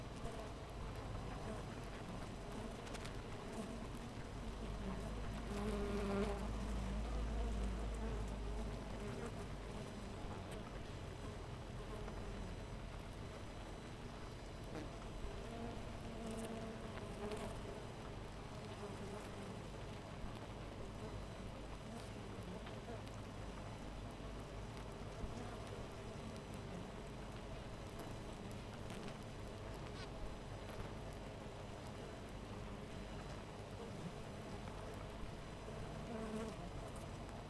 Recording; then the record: honeybee colony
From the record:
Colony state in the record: missing queen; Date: 14 July 2017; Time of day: 6:00